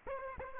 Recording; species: mosquito wingbeat signal from an infrared sensor; Aedes aegypti